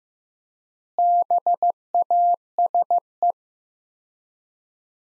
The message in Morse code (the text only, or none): BASE